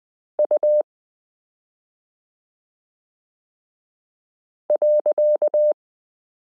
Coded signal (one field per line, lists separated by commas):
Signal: Morse code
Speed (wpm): 20 wpm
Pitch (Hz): 600 Hz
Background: none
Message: U .